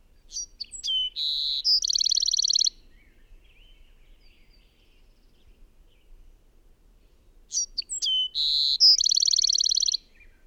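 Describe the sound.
Bird song: two complete phrases about seven seconds apart, each of quick sharp notes, a steady whistle and a long buzzy high trill, with quiet twittering between.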